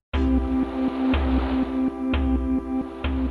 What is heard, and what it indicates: The result is something called biomusic, pioneered by a colleague of Joe's at McGill University in Montreal. Sensors on the patient's body detect vital signs, and that makes the data into sound. Heart rate controls the tempo, temperature determines the notes, and skin sweat drives the melody. Biomusic is being looked at as a way for nonverbal autistic children to express themselves. Here's a calm state of mind.